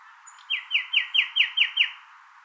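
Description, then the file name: Common nightingale phrase of seven loud descending swooping notes, evenly repeated, preceded by a faint high whistle. "Luscinia megarhynchos"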